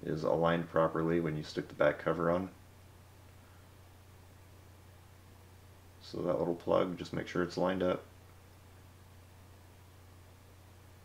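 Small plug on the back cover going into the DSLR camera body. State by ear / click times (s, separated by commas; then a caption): not seated / none. A small plug on the back cover of a Canon 7D DSLR is being lined up with the camera body during reassembly after a main board replacement. Someone talks in two stretches, separated by quiet with a low steady hum. Nothing has seated or clicked yet.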